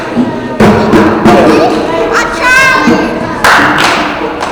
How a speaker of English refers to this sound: Achadi means double clap. Okay, so you say Achadi and then we clap.